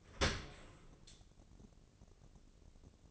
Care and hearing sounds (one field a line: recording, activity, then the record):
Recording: daily activity, microphone in the room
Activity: open dishwasher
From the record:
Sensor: 4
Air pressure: 1013.2 hPa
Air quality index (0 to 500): 172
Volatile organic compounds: 2 ppm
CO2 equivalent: 1087 ppm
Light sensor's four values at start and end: 78/192/80/82 and 78/193/80/82